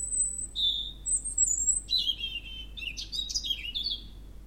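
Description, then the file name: European robin singing a run of varied high phrases: pure thin whistles first, then quick tumbling twittery notes jumping up and down in pitch. "Erithacus rubecula"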